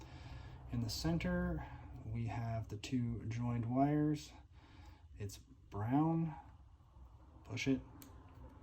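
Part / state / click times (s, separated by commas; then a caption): wire terminal into connector housing / seated / 8.0 s. On a 1988–1991 Honda Prelude mirror being re-assembled, the brown terminal of the two joined wires is pushed into the center cavity of the plastic connector housing while someone talks. It clicks into place at 8.0 s, and the terminal is seated.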